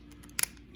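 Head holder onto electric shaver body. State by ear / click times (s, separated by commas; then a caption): seated / 0.4 s. A plastic head holder is snapped back onto the body of a Philips Norelco electric shaver after cleaning. Two sharp, loud snaps are heard at 0.4 s and 0.4 s, seating the shaver head assembly back on, with a couple of faint ticks just before.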